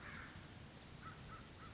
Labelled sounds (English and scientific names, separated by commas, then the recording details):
California Towhee (Melozone crissalis)
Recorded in Sonoma County, California